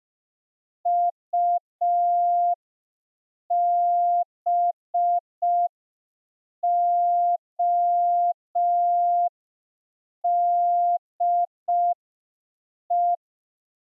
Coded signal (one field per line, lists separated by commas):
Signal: Morse code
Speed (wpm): 5 wpm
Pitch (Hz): 700 Hz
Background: none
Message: UBODE